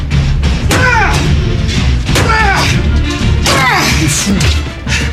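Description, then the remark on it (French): A bedroom door is smashed in with three heavy, crashing blows spaced over a few seconds, each followed by creaking, splintering sounds, over a loud, continuous rumble of background noise. “Je dois fracasser la porte de notre chambre. Eh ben, casse la porte.”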